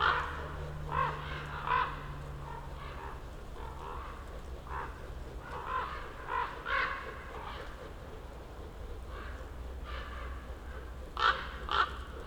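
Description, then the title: Common raven calls, deep hoarse croaks repeated in irregular bursts over a low steady rumble. Ravens circling for over ten minutes over a mountain slope, recorded among young beeches, Patnik, Goworów, Poland, New Year's walk; Zoom F4, AT BP4025. "Patnik mountain side, Goworów, Poland - Circling ravens"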